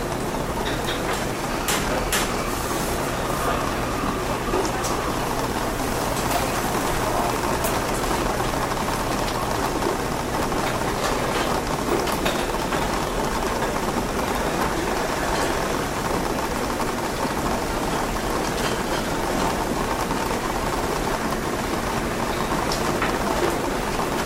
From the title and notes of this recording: The soothing sounds of a cozy coffee shop on a rainy day. The sound of rain tapping against the window adds to the cozy ambiance.